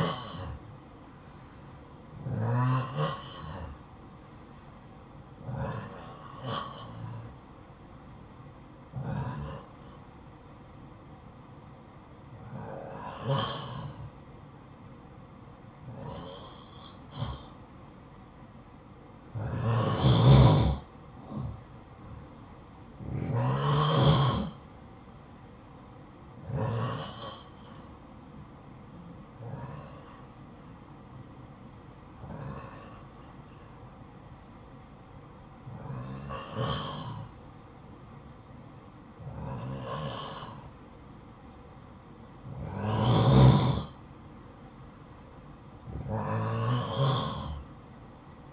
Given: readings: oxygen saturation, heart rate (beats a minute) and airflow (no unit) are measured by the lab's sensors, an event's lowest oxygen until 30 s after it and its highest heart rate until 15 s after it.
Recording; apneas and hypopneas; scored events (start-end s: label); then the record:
breathing in sleep by a smartphone at the bedside; 1
27.00-48.53 s: new sleep stage, N2 (light sleep)
29.00-44.50 s: hypopnea (N2, oxygen 94% highest, then 91% lowest, heart rate 60 at the start, 63 highest)
From the record:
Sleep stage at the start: N1 (lightest sleep); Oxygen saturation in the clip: 89 to 94%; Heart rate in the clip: 54 to 69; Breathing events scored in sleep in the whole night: 573 in 9.8 hours asleep